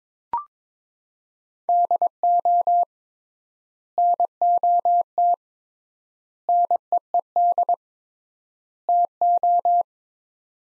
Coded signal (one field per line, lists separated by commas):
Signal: Morse code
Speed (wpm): 22 wpm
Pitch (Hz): 700 Hz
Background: none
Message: DO NOT NEED TO